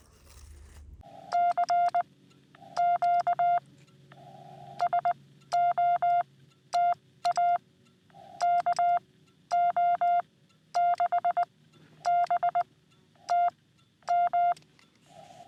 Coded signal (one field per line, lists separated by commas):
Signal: Morse code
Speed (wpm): 19 wpm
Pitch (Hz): 700 Hz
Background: none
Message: CQ SOTA KO6BTM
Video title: SOTA with Cat on Sandstone Peak | Morse Code with Cat (Beginner)